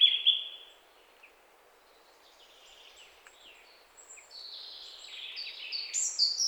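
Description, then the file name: European robin with a short high note burst, a long near-silent gap, then soft twittering building into high, thin warbled phrases. "Erithacus rubecula"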